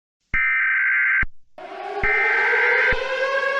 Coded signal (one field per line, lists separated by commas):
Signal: Emergency Alert System (SAME) tones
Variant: header bursts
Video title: May Fire Quell Fury|An EAS Scenario